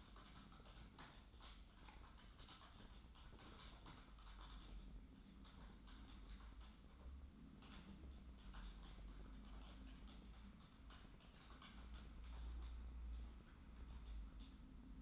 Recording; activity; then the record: daily activity, microphone in the room; typing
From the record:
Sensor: 3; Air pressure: 994.4 hPa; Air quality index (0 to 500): 205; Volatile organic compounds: 1000 ppm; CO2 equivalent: 6802 ppm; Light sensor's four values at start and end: 86/201/83/79 and 86/202/84/80